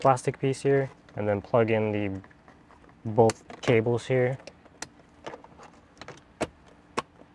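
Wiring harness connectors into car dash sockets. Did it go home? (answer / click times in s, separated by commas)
yes / 4.8 s, 7.0 s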